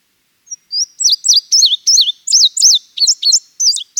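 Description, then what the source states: Indigo bunting singing a bright, high-pitched phrase of doubled and slurred notes that tumble along for over three seconds, with no other sounds heard. Listed among iconic birds of Winnipeg neighbourhoods.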